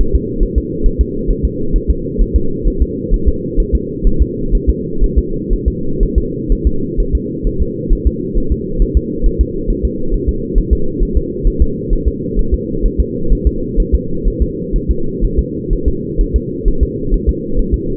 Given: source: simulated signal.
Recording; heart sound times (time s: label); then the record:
fetal heart sounds
0.01 s: S1
0.15 s: S2
0.43 s: S1
0.58 s: S2
0.86 s: S1
1.01 s: S2
1.30 s: S1
1.45 s: S2
1.76 s: S1
1.90 s: S2
2.21 s: S1
2.36 s: S2
2.67 s: S1
2.82 s: S2
3.14 s: S1
3.28 s: S2
3.60 s: S1
3.75 s: S2
4.07 s: S1
4.22 s: S2
4.55 s: S1
4.69 s: S2
5.04 s: S1
5.18 s: S2
5.53 s: S1
5.68 s: S2
6.03 s: S1
6.18 s: S2
6.52 s: S1
6.67 s: S2
7.00 s: S1
7.15 s: S2
7.47 s: S1
7.62 s: S2
7.93 s: S1
8.07 s: S2
8.38 s: S1
8.52 s: S2
8.82 s: S1
8.97 s: S2
9.26 s: S1
9.41 s: S2
9.70 s: S1
9.85 s: S2
10.14 s: S1
10.29 s: S2
10.58 s: S1
10.73 s: S2
11.03 s: S1
11.17 s: S2
11.47 s: S1
11.62 s: S2
11.93 s: S1
12.08 s: S2
12.39 s: S1
12.54 s: S2
12.85 s: S1
13.00 s: S2
13.32 s: S1
13.47 s: S2
13.80 s: S1
13.95 s: S2
14.28 s: S1
14.42 s: S2
14.76 s: S1
14.91 s: S2
15.24 s: S1
15.39 s: S2
15.73 s: S1
15.88 s: S2
16.21 s: S1
16.36 s: S2
16.68 s: S1
16.83 s: S2
17.14 s: S1
17.29 s: S2
17.59 s: S1
17.74 s: S2
From the record:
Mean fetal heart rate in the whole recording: 130 bpm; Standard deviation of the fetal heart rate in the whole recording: 4 bpm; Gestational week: 38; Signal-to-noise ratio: -8.1 dB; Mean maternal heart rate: 72 bpm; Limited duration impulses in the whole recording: absent